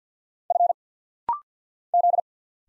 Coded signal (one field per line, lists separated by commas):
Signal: Morse code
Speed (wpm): 45 wpm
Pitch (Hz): 700 Hz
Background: none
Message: F Z